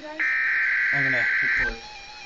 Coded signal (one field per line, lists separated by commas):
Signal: Emergency Alert System (SAME) tones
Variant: header bursts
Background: speech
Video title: EAS 110 - Severe Thunderstorm Warning Tazewell IL